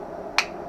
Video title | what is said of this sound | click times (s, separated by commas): Joe's Oakley 9014 Gascan with Transitions Invisible Bifocals | push down the nose that snaps right in that is perfect | 0.4 s